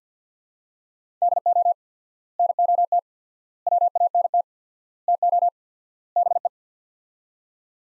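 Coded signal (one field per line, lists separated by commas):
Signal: Morse code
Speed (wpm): 48 wpm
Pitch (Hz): 700 Hz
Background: none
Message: DO NOT WANT TO BE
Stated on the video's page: Morse practice sets of five words at 50 wpm with 4x word-spacing, a Farnsworth-like method for head-copying.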